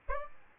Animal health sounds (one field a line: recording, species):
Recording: mosquito wingbeat signal from an infrared sensor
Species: Aedes aegypti